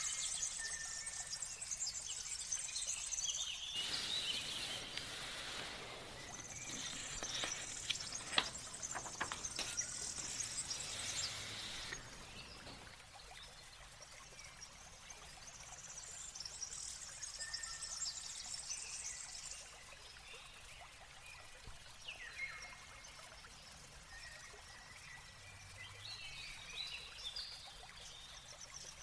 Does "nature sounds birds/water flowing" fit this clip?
yes